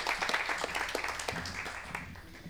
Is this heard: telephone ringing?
no